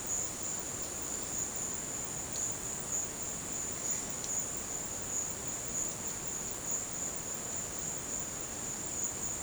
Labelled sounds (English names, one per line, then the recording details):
none
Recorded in dense forest near Puerto Asís, Putumayo, Colombia, on 23 June 2025 at 13:30
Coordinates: 0.484, -76.317
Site G045